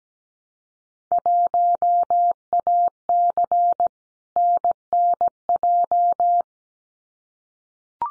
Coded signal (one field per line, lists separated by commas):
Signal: Morse code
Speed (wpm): 17 wpm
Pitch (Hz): 700 Hz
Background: none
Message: 1AC NNJ